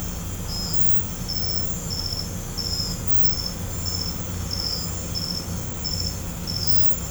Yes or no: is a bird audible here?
no